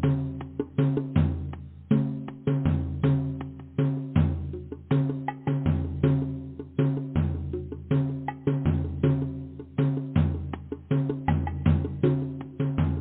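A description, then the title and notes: Drumming in a steady, fast pattern, with deep booming strokes that ring out and decay between hits, falling roughly once a second, layered with quicker, sharper taps in between. The tone is low and resonant, with little above the drum sound and nothing else in the background. Drumming: Powerful. Drumming vibrations.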